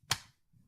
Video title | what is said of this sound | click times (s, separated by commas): Super Saver Monday | did you all hear that click that means it's in place | 0.1 s